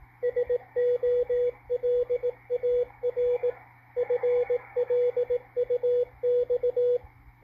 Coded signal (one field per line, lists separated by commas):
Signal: Morse code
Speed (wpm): 18 wpm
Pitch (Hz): 490 Hz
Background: radio noise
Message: SOLAR FLUX